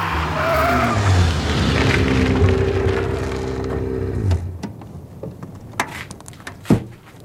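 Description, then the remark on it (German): A car's tires screech loudly for about four seconds as it skids to a halt at a road trap set with a rope, the squeal cutting off abruptly, followed by scattered clattering and knocking sounds. “Oho, warum hast du denn angehalten, du Idiot?”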